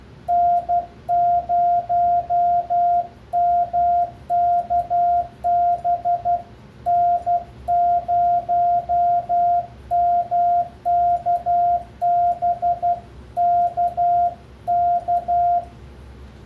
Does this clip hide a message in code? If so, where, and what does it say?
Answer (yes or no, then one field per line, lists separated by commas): yes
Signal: Morse code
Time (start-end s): 0.3-15.6 s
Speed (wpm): 12 wpm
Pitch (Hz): 700 Hz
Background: none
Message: N0MKB N0MKB K K